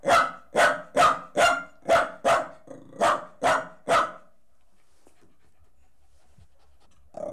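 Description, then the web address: Dog barking in a quick run of sharp barks over about four seconds, then quiet until a sound starts at the very end. From the BBC Sound Effects Library, CD 38, a collection of horse and dog recordings. "The BBC Sound Effects Library - Complete 60 CDs Collection Sound Effects Library-38 (Horses # 2 and Dogs)"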